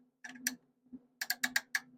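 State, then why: Seated. The media roll holder on the spindle of an iTech P5w 5-Color Tabletop Label Printer is locked down after the label media roll is pushed back against the plate, producing a series of sharp ratchet clicks at 0.5, 1.2, 1.4, 1.6 and 1.8 s over a steady low hum, with a softer knock near 0.9 s. The holder ratchets tight and the roll is seated.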